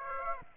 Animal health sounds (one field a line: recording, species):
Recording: mosquito wingbeat signal from an infrared sensor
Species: Aedes aegypti